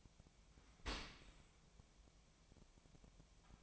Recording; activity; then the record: daily activity, microphone in the room; open dishwasher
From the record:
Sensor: 1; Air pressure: 1000.5 hPa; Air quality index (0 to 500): 181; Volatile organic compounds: 4 ppm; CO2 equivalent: 1666 ppm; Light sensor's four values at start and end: 11/27/11/13 and 11/27/11/13